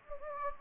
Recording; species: mosquito wingbeat signal from an infrared sensor; Anopheles gambiae